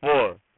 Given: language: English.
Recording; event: throat vibration sensor signal played as sound; speech